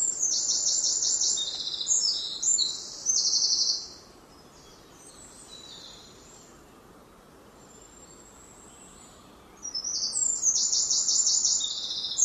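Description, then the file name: Eurasian wren song: a loud, very high, rapid burst of trills and fast rattling notes for about four seconds, a long quiet pause, then another vigorous trilled phrase. "Troglodytes troglodytes"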